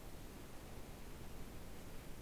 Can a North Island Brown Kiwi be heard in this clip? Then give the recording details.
no. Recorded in New Zealand on 8 January 2015. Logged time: 04:57. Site BX23